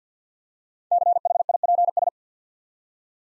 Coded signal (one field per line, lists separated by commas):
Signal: Morse code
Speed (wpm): 53 wpm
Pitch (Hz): 700 Hz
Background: none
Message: CHIPS